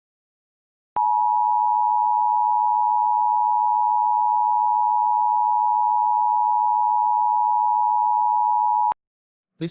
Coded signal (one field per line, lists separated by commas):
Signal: Emergency Alert System (SAME) tones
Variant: 853 and 960 Hz attention tone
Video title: National EAS Test (EAS# 1,111)